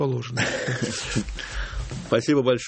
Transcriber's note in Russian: смеется